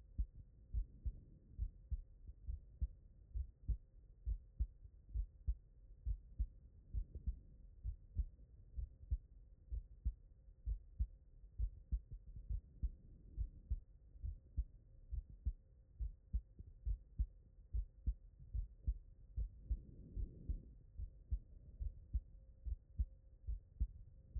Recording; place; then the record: heart sounds by stethoscope; tricuspid valve (TV)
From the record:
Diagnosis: non-HFrEF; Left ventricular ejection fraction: 62%